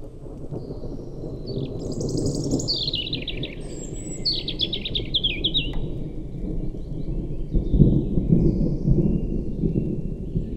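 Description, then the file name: European robin song with high thin notes and quick trilled descending runs, against a fairly loud low rumbling background noise. "Erithacus rubecula"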